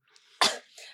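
A single abrupt, harsh burst lasting about a fifth of a second, with a brief voiced onset and a noisy tail, set against faint room noise. It is an isolated cough from an adult woman with a COVID-19 (Omicron) infection on the fifth day of illness, who has been coughing non-stop.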